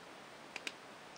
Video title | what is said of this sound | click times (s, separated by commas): INSIDE A SHEAFFER SNORKEL FOUNTAIN PEN | there you go till you hear the clicking noise we pull out the plunger | 0.6 s, 0.7 s